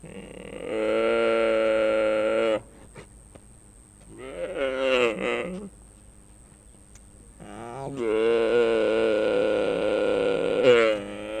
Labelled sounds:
Mule Deer (Odocoileus hemionus) call
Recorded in captivity
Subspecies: hemionus
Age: diverse
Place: Tierpark Berlin, Berlin, DE
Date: 1964-11-08 10:00
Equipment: R 21, Sennheiser MD 421, Vollspur
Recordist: Tembrock, Günter

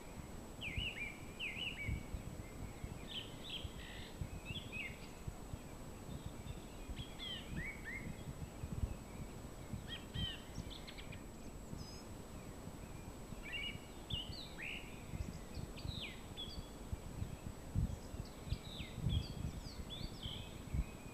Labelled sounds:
Song Thrush (Turdus philomelos) song
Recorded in the wild
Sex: male
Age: adult
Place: Mirnock, Kärnten, AT
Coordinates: 46.75, 13.7
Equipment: Hornyphon, Phillips Mikrofon
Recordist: Brunner, Thomas

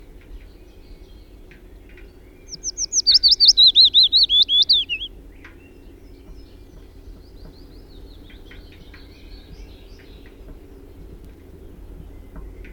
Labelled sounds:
Willow Warbler (Phylloscopus trochilus) song
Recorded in the wild
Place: Schmale Heide, Insel Rügen, Mecklenburg-Vorpommern, DE
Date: 1969-05-18
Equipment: NAGRA III BH, Sennheiser MD21 mit Reflektor (d=75 cm, Glasfiber) und Stativ
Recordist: Schubert, Michael

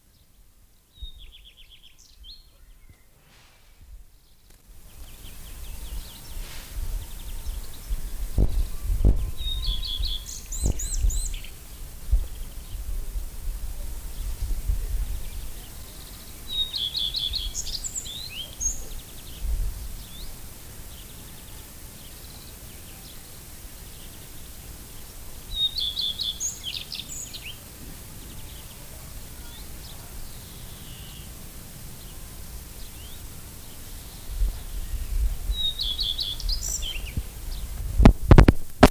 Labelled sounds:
Common Redstart (Phoenicurus phoenicurus) song
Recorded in the wild
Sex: male
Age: adult
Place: Lübars (Fließtal), Berlin, DE
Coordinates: 52.6167, 13.35
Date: 2000-06-04 13:01
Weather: fair, 27°C
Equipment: Nagra SN, Kopie Uher 4000 Report Monitor
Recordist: Tembrock, Günter

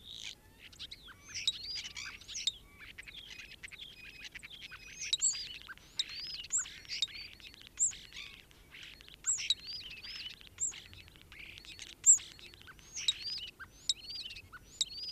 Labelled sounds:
European Starling (Sturnus vulgaris) song
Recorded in the wild
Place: Kaiserslautern, Rheinland-Pfalz, DE
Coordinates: 49.415, 7.78
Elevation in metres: 457
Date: 1974-03-22
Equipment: Nagra IV, Sennheiser MKH 405, Parabolreflektor
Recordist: Tretzel, Erwin

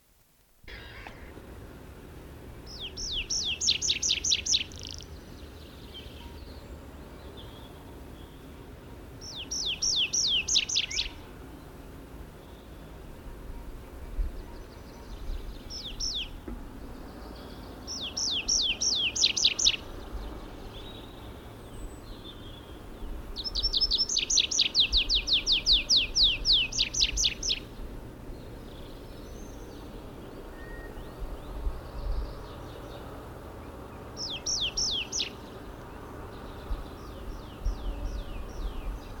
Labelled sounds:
Tree Pipit (Anthus trivialis) song
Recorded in the wild
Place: Pingarati, Moldova, RO
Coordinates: 46.93, 26.187
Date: 1973-04-18
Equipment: Nagra III BH, Sennheiser MD 21, parabola
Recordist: Schubert, Michael
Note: Gesang Baumpieper

